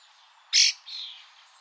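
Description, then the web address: Bird call: a single sharp, high chirp followed by a softer, thinner trailing note, then quiet. "Bird Only"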